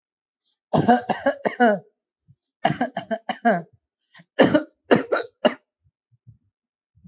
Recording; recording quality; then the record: heavy voluntary cough; excellent, no background noise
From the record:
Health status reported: healthy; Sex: male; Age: 25 years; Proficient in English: yes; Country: India